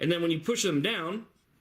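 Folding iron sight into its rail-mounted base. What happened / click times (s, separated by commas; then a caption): Handled, not yet home: no seating click is heard yet / none. A steel Magpul MBUS Pro offset folding iron sight in its rail-mounted base is about to be pushed down into its stowed position. Only someone talking is heard, with no click. Nothing has seated or clicked yet.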